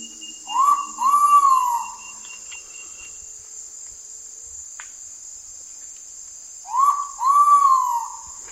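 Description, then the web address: Ivory-breasted pitta calls twice, each a clear short rising whistle and a longer downward-sliding whistle, set against a continuous shrill insect chorus. In Indonesia. "ULM-DS-Lab indonesian-bird-sounds. Pitta maxima"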